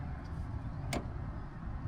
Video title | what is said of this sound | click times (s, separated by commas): MOVIE VLOG: Car maintenance - New African friends - charity car wash - Errands | You heard that? I don't know if you heard that little clicking noise. | 0.9 s